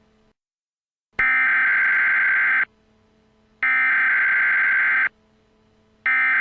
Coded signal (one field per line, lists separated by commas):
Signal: Emergency Alert System (SAME) tones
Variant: header bursts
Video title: Emergency Alert System: Invasion of the United States